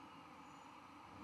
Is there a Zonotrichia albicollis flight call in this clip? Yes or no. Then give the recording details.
no. No flight call is heard. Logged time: 00:04 on 11 November 2014